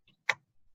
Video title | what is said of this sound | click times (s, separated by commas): Webinar: Electrostatic Spraying 101 | force quarter turn i hear i hear it clicking because i'm familiar with the noise but again | 0.3 s